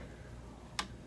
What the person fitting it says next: And if you hear the click, that means it is set.